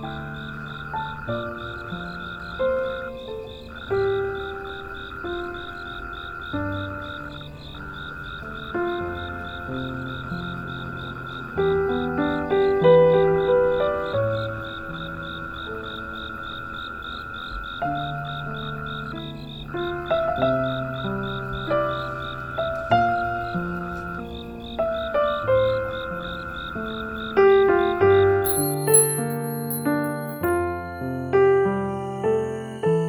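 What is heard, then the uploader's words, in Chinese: Soft piano notes play unhurried melodic phrases over a steady, high insect trill that continues throughout, with brief bright chimes near the end. 夜里睡不着，听听虫鸣和轻柔的钢琴。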